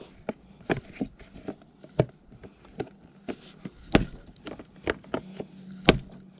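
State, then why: Seated. A plastic body panel is worked back onto the frame of a 2022 KTM 250SXF electric dirt bike fitted with a QS138 70H V3 motor and EM260. A series of sharp plastic knocks and taps are heard as it is pressed into place, and the panel snaps home with a loud click at 5.9 s.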